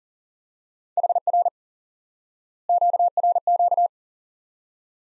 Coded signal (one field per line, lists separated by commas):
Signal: Morse code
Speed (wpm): 40 wpm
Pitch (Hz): 700 Hz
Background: none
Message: HR QRQ